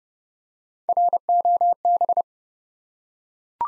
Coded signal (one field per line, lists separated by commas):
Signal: Morse code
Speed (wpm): 30 wpm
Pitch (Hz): 700 Hz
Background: none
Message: ROB